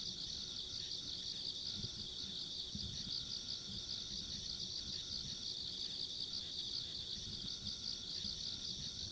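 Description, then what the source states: Insects trilling in a dense, continuous high chorus with steady pulsing, a fainter high band above, and low rumbling noise underneath. Ambient insect sounds along a rural country road.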